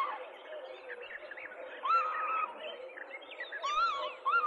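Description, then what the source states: Northern Lapwing calls: repeated bent, wheezy whistles rising and falling, several birds overlapping, with a constant low droning background throughout. Several lapwings calling as they swoop in flight at an approaching person.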